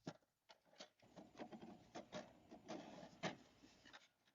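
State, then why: Not seated. A single cable connector is handled as it is brought to the socket between a smart assistant module and a Yarbo robot, producing rubbing, scraping handling noise with brief sharp knocks near 0.5 s and 3.9 s. Nothing has seated or clicked yet; the clip ends just before the connector goes home.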